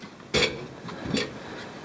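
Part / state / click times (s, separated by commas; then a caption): washing machine drive motor onto coupler / not seated / none. A heavy washing machine drive motor is held with both hands and maneuvered toward its coupler, giving broadband handling noises with a loud bump near 0.3 s and another sharp knock at 1.2 s. Only handling sounds are heard, and the motor has not seated or clicked into place yet.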